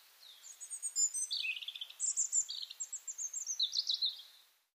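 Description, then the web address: European robin song: high, sweet warbled notes mixing thin whistles and fast jingling trills, running continuously for about four seconds before fading out. "SETE data Erithacus rubecula"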